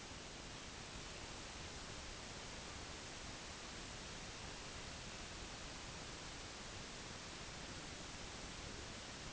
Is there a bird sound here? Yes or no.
no